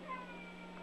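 A faint, high, wavering wail, heard for under a second through a phone line over a steady low electrical hum during a radio call-in. A baby is crying in the background, distant and partly masked, with no other clear sounds.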